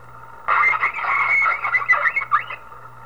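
Whale calls: a two-second run of wavering, tonal harmonic sounds that rise and fall, over a faint steady low hum.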